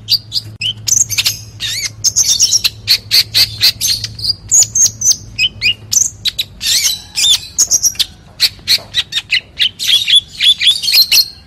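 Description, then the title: Oriental magpie-robin delivering fast, varied song of sharp chirps, squeaks and brief whistles, with a low steady hum underneath. "Kacer"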